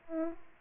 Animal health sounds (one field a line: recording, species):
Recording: mosquito wingbeat signal from an infrared sensor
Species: Aedes aegypti